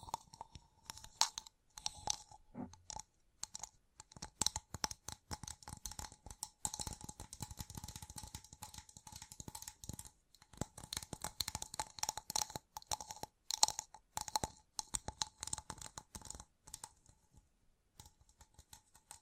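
Gem-covered fingertips tap and scratch in a dense, irregular stream of sharp clicks and gritty scrapes, with bright sparkly detail on top. A faint steady tone hums underneath throughout, and the tapping thickens into busier bursts around the middle.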